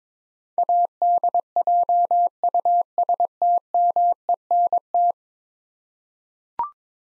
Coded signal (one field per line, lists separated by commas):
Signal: Morse code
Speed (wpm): 22 wpm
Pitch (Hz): 700 Hz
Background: none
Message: ADJUSTMENT